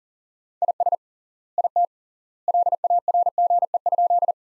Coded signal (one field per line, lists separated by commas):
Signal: Morse code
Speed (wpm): 40 wpm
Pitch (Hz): 700 Hz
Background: none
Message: IS IT LARGE?